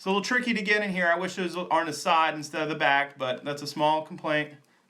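A small TF memory card is being pushed upside down into the card slot on the back of the plastic camera of a Holy Stone F181 quadcopter drone while someone talks throughout. Only the talking is heard, and the card has not seated or clicked into the slot yet.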